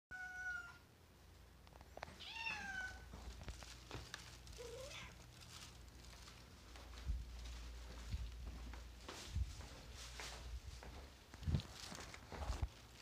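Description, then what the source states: Domestic cat meowing: a short, steady meow at the start, then a falling, drawn-out meow a couple of seconds later, followed by faint rustling and low indoor rumble. A cat being looked after by a pet sitter.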